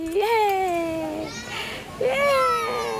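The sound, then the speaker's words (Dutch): A young South African child's high voice lets out two drawn-out, sliding calls, the first longer and wavering, the second rising then leveling, as the toddler boy plays with his mother in an aeroplane-shaped climbing frame at a playground near their home, with faint background noise of play between them. “Een Zuid-Afrikaanse moeder speelt met haar peuter bij een speeltuintje om de hoek van hun huis.”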